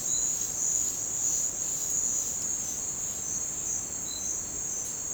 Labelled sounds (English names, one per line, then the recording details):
none
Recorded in dense forest near Puerto Asís, Putumayo, Colombia, on 22 December 2024 at 08:30
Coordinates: 0.466, -76.327
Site G075